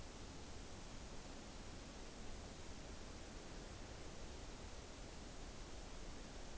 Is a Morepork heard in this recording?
no